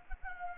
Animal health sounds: mosquito wingbeat signal from an infrared sensor; Anopheles gambiae

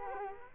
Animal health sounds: mosquito wingbeat signal from an infrared sensor; Culex quinquefasciatus

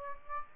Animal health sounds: mosquito wingbeat signal from an infrared sensor; Aedes aegypti

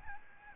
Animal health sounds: mosquito wingbeat signal from an infrared sensor; Aedes albopictus

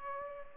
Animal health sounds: mosquito wingbeat signal from an infrared sensor; Culex pipiens

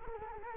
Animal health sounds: mosquito wingbeat signal from an infrared sensor; Culex quinquefasciatus

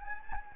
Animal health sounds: mosquito wingbeat signal from an infrared sensor; Anopheles gambiae

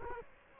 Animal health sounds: mosquito wingbeat signal from an infrared sensor; Culex quinquefasciatus

